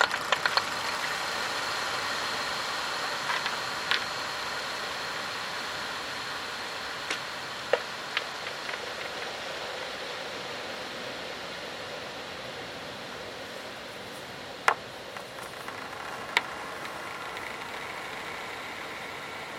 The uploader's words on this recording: An original field recording made with stones & pebbles on the shore, with additional feedback.